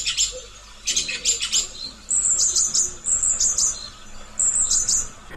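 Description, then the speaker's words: Song Thrush song: a few lower rough notes, then three bright high phrases of sharp repeated notes. Song, played as an example on the radio. "Hallgassuk meg tehát az énekes rigó énekét."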